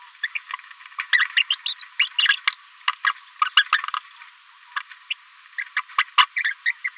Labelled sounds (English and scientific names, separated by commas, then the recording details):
Green-rumped Parrotlet (Forpus passerinus) babbling
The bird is a female
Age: 29 days
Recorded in a nest box in Venezuela
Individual 17B73B2